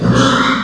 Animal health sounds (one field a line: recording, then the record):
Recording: squeal of a Yucatan mini pig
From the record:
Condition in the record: after surgery on the right vocal fold (resection and tissue-engineered implant)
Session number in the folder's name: 14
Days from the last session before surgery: 133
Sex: female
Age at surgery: 19 weeks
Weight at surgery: 25 kg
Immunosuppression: prednisolone